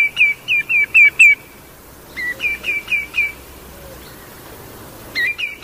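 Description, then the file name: Common greenshank repeating series of four or five loud ringing whistled notes, three bursts with short pauses between. "tieng chim choat bung trang lon keu"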